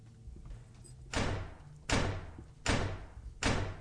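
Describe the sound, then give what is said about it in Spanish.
A door bangs shut four times in a steady rhythm, each impact a loud, full thud that fades quickly, over a quiet low hum with no talking. “¡La puerta, la puerta!”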